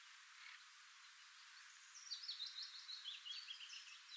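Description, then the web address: Eurasian blackcap song, a quick scratchy warbling phrase of high twittering notes that begins after a quiet stretch and runs to the end, over a soft hiss. "SETE data Sylvia atricapilla"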